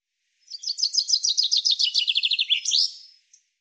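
Common chaffinch song: a fast trill of bright repeated notes that steps down in pitch over about two and a half seconds, ending in a short flourish.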